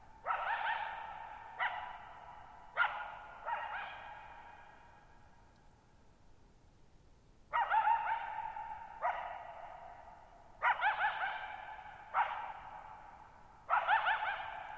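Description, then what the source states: Coyote barking in irregular runs, falling quiet for a few seconds then resuming, each bark carrying a long echoing tail. Lone coyote vocalizing for nearly 50 minutes, night of July 14, 2019, Thirtymile Meadows, Okanogan National Forest, Okanogan High Country, Pacific Northwest, 6400 ft (1950 m); high dry plateau, shallow-bowl meadow.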